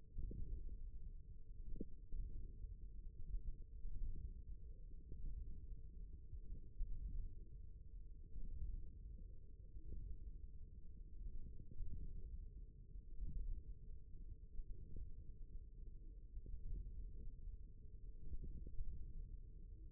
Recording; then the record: forearm muscle sounds (acoustic myography)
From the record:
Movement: ulnar deviation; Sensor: system 1, eight BSWA MPA416 microphones around the upper forearm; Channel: 2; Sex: male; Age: 54 years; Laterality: right